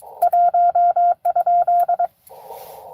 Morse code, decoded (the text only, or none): 1?